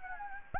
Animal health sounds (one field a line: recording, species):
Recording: mosquito wingbeat signal from an infrared sensor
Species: Anopheles gambiae